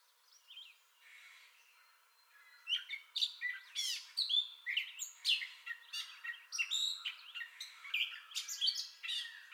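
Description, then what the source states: Gray catbird song starts softly with a few quiet notes, then bursts into a rapid, varied run of squeaks, chatters and whistles. Entire song bout recorded 2021-05-30.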